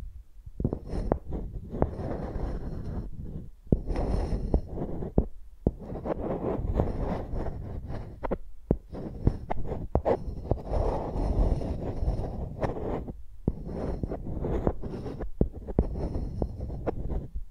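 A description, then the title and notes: Microphones used as pencils make rough scratching and rubbing strokes in dense bursts, broken by brief silences, with low thumps underneath throughout. Using Mics as Pencils (No Talking).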